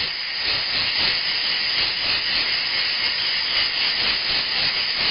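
Insect giving a continuous dense, hissing drone, high-pitched and unbroken throughout.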